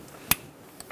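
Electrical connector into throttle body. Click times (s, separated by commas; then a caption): 0.3 s. A plastic electrical connector is pushed onto the throttle body of a 2007-2011 Toyota Camry 2.4L L4 during a throttle body assembly replacement. A single sharp click sounds at 0.3 s, with fainter ticks near 0.8 s and 0.9 s. The connector is seated.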